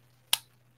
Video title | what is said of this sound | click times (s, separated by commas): Brush Recommendations for Cream and Liquid Makeup | and then it's just so pretty and Pops right in | 0.3 s